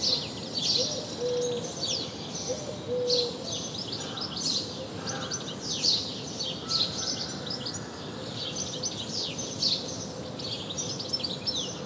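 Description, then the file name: House sparrow chirping, a continuous run of scratchy repeated notes, with a few brief low whistled tones early on and steady background noise. "Passer domesticus"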